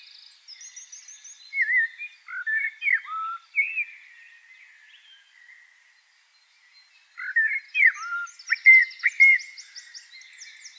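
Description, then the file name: Eurasian blackbird singing: slurred whistled notes with thin high twitters, a pause, then a second phrase of fluty notes and high squeaky twitters. "Turdus merula"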